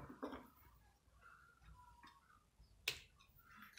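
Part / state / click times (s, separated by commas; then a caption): crimped cable contact pin into solar panel connector housing / not seated / none. A crimped contact pin is pushed into a plastic solar panel cable connector housing, with a couple of short, sharp ticks at about 0.2 s and 2.9 s over quiet background noise. The pin has not clicked into place in the housing.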